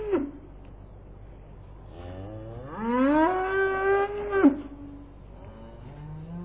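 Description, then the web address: Cow mooing, a long drawn-out moo rising in pitch and holding for nearly two seconds, with a shorter low moo before it and faint ones after. "Sound Effects Special FX 2. Cows"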